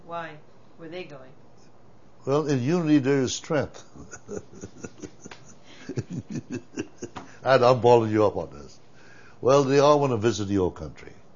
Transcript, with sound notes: Why were they going?
Well, in unity there is strength. (he laughs) And, I'm balling you up on this. Well, they all want to visit the old country.